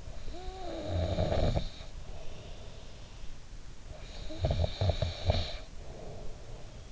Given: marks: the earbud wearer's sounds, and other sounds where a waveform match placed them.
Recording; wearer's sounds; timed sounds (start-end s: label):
sounds in sleep by an in-ear microphone; snoring breath
0.00-3.06 s: snoring breath
3.85-6.92 s: snoring breath